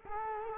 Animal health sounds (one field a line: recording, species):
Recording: mosquito wingbeat signal from an infrared sensor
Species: Culex quinquefasciatus